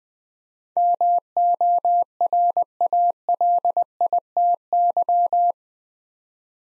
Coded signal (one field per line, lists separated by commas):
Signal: Morse code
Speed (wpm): 20 wpm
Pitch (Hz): 700 Hz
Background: none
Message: MORALITY